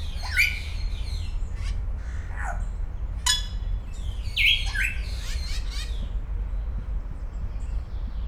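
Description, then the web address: Grey parrot calls: sharp whistled notes and short rising chirps, a few squawky bursts, scattered over a low steady background hum. Captive grey parrot in a zoo in Szeged, recorded in 2011, noted for making interesting sounds. "jakopapagaj erdekeshangotisad"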